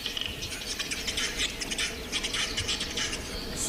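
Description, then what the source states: Western capercaillie display call: dry, rapid clicking and scraping notes in a dense series throughout. Played back male courtship display call; species threatened with extinction, only 93 left in the Black Forest.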